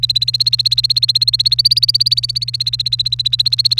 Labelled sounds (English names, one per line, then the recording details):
Domestic Canary song
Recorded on 28 April 2018 at 06:22
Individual llb3